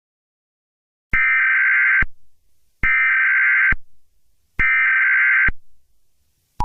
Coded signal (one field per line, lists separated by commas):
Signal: Emergency Alert System (SAME) tones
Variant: header bursts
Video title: EAS Scenario #2: Astro Zombies [Spring Fling entry]